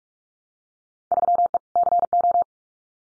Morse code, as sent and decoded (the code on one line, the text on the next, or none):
...-- . / -.-. ---
3E CO